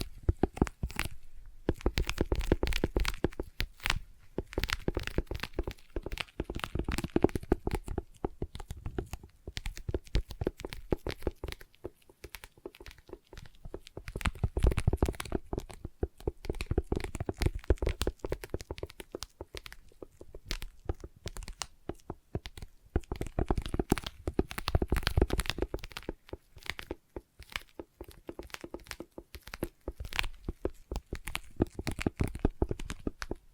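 Sticky tapping and sticky triggers crackle in dense, rapid bursts throughout, swelling louder around five, fifteen and twenty-five seconds with brief quieter gaps.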